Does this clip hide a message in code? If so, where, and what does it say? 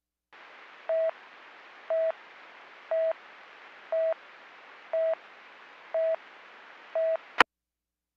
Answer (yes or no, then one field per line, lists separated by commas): no